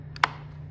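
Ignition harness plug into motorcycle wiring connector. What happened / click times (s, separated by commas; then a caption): The plastic wiring connector snapped fully home / 0.2 s. A multi-pin plastic wiring connector for a push-button ignition harness on a 2015–2023 Harley-Davidson is pushed together, its mating halves joining the motorcycle's wiring connector. A faint tick at 0.2 s leads into one sharp, loud click at 0.2 s over a steady low hum. The connector seats with a positive click.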